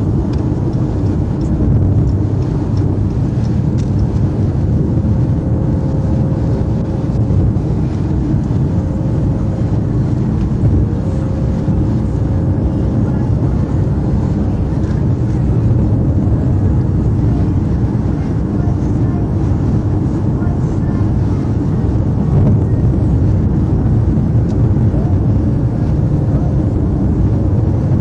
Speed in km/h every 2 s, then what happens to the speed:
103, 105, 106, 106, 106, 106, 106, 106, 106, 103, 103, 103, 105, 105.
0-28 steady at about 105.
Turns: none.